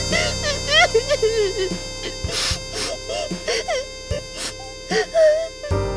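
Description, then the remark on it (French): A child fakes crying, letting out wavering, sobbing wails in short bursts with breathy catches between them, moderately loud throughout. “Je sais pas si ça fait assez de pleurs.”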